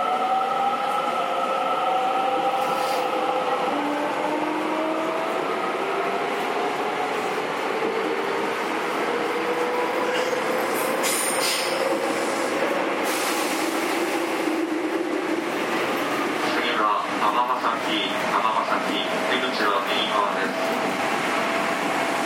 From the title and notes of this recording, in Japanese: JR207系 京橋〜宝塚。JR東西線、宝塚線の区間で録音しました。